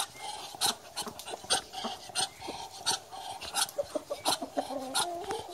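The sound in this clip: Muscovy duck giving repeated rasping, breathy hisses in irregular bursts, with a faint tonal note near the end.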